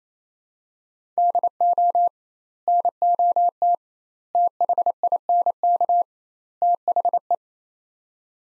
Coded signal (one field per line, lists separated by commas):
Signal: Morse code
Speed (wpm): 28 wpm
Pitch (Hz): 700 Hz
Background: none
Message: DO NOT THINK THE